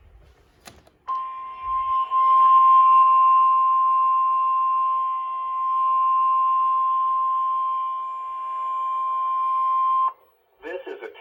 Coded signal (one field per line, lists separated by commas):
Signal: Emergency Alert System (SAME) tones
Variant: 1050 Hz attention tone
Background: speech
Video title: WXK26 Required Weekly Test + Heat SPS (EAS #80)